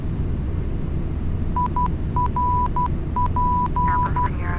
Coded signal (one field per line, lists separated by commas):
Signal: Morse code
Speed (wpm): 12 wpm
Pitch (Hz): 990 Hz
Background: none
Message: IRP